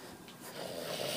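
A brief, rough snorting noise lasting about a second, swelling in loudness as an inhaled snore builds. It is a harsh, fluttering snore from a sleeping adult man, one of two men snoring in the same room, likened to the sound of walruses.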